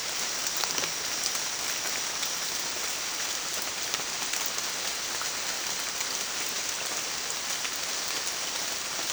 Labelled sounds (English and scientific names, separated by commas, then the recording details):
none
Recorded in dense forest near Puerto Asís, Putumayo, Colombia, on 27 June 2025 at 17:30
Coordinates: 0.468, -76.322
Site GP03